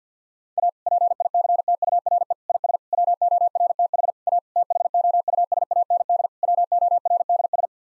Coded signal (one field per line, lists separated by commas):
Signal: Morse code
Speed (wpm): 50 wpm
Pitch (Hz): 700 Hz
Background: none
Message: A PICTURE IS WORTH A THOUSAND WORDS